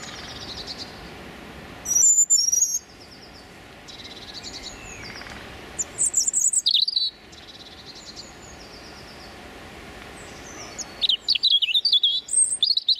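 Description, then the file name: European robin song: high, thin warbled phrases in short bursts separated by pauses. Male singing his territorial song. "European Robin Erithacus rubecula male singing his territorial song"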